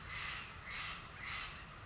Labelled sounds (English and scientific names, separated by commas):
Steller's Jay (Cyanocitta stelleri)